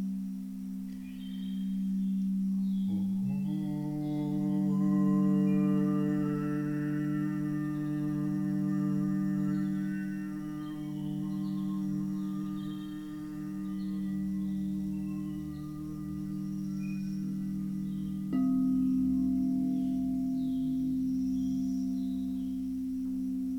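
Singing bowls ring with a steady, deep hum and a stack of shimmering overtones above it. Around three seconds a second tone swells in and the sound thickens, slowly beating and wavering, and near eighteen seconds a fresh strike adds a brighter, louder ring.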